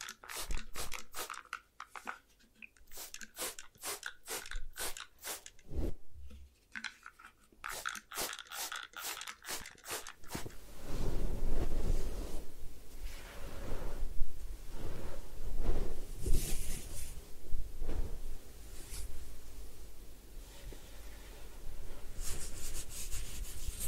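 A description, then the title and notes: A head spa hair wash begins with rapid, regular crisp scratching taps, then after ten seconds turns into dense wet rubbing with occasional bright swishes. Head Spa Hair Wash, Massage, Ear Cleaning.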